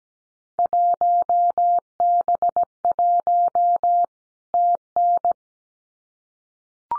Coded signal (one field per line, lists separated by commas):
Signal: Morse code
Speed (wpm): 17 wpm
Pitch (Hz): 700 Hz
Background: none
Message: 1B1 TN